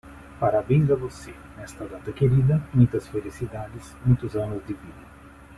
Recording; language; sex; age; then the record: short text; Brazilian Portuguese; male; 50 to 59 years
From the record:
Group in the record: control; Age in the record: 53 years